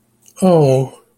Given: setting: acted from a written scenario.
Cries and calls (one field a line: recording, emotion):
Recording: vocal sound without words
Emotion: sympathy